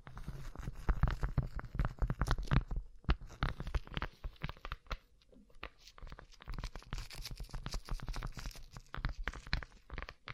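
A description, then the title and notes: Rapid tapping on a rhinestone-covered surface, a dense run of small sharp clicks with a gritty, crunchy edge. The taps come in quick irregular bursts, thinning briefly around three and five seconds before picking up again. A soft low rumble sits underneath. ASMR Rhinestone Covered Tapping 3Dio (No Talking).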